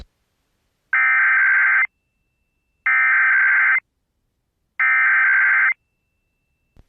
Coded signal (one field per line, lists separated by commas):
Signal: Emergency Alert System (SAME) tones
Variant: header bursts